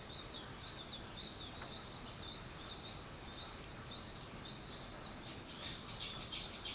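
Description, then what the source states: Bird giving quick high chirps in a steady series, louder and sharper near the end, against a steady background hiss. Wild birds; 21 April 2023.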